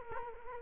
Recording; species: mosquito wingbeat signal from an infrared sensor; Culex quinquefasciatus